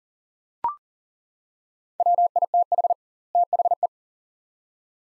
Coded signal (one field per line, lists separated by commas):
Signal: Morse code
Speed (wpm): 40 wpm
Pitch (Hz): 700 Hz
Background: none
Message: WITH THE